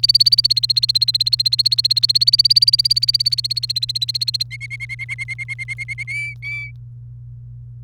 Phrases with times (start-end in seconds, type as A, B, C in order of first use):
0.00-4.43 A, 4.51-6.03 B, 6.08-6.71 C